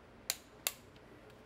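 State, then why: Torque reached. A click-type torque wrench tightens the center intake manifold bolts, steel bolts into a cast iron cylinder head, on a Chevy 350 small block V8. Two sharp metallic clicks ring out at 0.3 s and 0.7 s over quiet background. Each click marks the wrench reaching its set torque.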